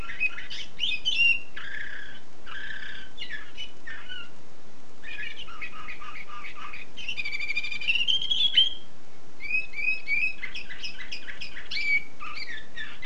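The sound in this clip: Canary song with a few short pauses, mixing quick chirped notes, rattling trills and whistled slurs.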